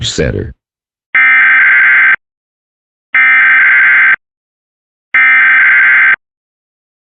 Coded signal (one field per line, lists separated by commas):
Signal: Emergency Alert System (SAME) tones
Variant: header bursts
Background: speech